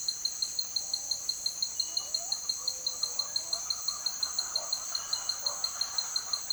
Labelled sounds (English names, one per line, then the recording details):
Speckled Chachalaca
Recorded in dense forest near Puerto Asís, Putumayo, Colombia, on 20 February 2024 at 07:00
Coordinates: 0.502, -76.326
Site G6460